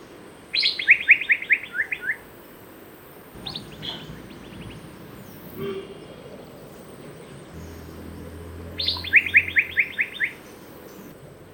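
Asian fairy-bluebird giving two rapid series of clipped, falling notes about eight seconds apart.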